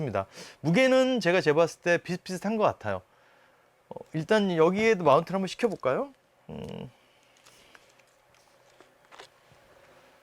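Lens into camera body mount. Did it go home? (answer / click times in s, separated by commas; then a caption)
no / none. Someone talks while a Meike 50mm F1.2 manual lens is brought to a camera body and its contacts are lined up with the mount, ready to be twisted home. A few faint taps sound around 3.9–4.0 s, and a short rustling burst comes at about 6.5–6.9 s, followed by quiet low hum and small ticks. The lens is only aligned on the mount, and nothing has seated or clicked yet.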